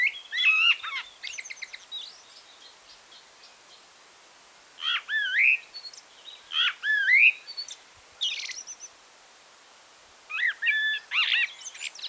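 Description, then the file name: Common blackbird singing separate short phrases of fluty, slurred notes mixed with high twittering, separated by pauses of one to a few seconds. "Turdus merula"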